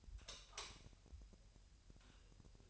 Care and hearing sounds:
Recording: daily activity, microphone in the room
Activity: light off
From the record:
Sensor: 2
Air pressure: 1001.8 hPa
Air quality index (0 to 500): 249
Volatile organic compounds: 36 ppm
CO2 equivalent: 3088 ppm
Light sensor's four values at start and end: 9/26/10/10 and 4/9/4/4

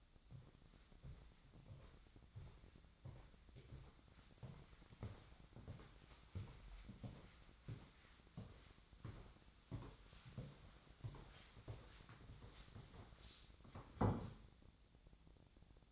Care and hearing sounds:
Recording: daily activity, microphone in the room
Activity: walk to room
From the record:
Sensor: 3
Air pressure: 1010.1 hPa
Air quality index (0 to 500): 183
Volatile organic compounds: 13 ppm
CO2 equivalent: 2394 ppm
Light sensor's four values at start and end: 43/107/47/50 and 41/100/44/47

